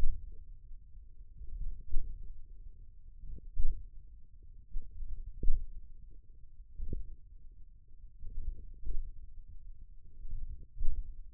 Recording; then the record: forearm muscle sounds (acoustic myography)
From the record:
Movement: index flexion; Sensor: system 1, eight BSWA MPA416 microphones around the upper forearm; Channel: 6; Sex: male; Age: 28 years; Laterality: right